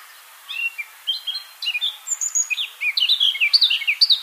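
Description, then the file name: Eurasian blackcap song: rapid varied warbling that rises into loud, clear whistled notes toward the close. "Sylvia atricapilla"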